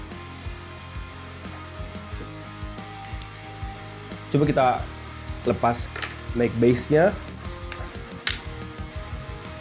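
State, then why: Seated. With its base plate removed, an airsoft magazine is pushed into the grip of a 2011-style airsoft pistol while someone talks over background music. A sharp click at 8.3 s marks the mag catch engaging, and the magazine locks into the pistol grip.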